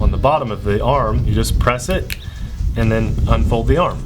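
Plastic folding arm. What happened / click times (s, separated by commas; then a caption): Handled, not yet home: no latching click heard / none. Someone talks while the release button under a folding plastic arm of a Xiro Xplorer Mini drone is pressed and the arm is swung open toward its locked open position on the drone body. Only the talking is heard; the arm has not clicked into place or latched yet.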